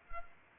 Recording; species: mosquito wingbeat signal from an infrared sensor; Culex pipiens